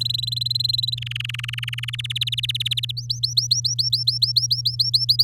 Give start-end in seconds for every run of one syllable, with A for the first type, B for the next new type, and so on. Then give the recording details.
0.01-0.95 A, 0.97-1.96 B, 1.99-2.92 C, 2.97-5.23 D. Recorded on 7 May 2018 at 14:35. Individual llb16